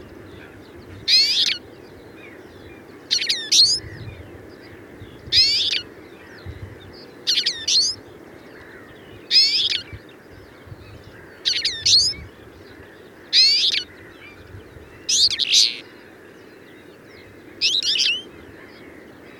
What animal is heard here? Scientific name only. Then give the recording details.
Carduelis flavirostris. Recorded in captivity. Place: Trent, Insel Rügen, Mecklenburg-Vorpommern, DE. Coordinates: 54.534, 13.303. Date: 1976-05-09. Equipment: Nagra III BH, Sennheiser MD 21, parabola. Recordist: Schubert, Michael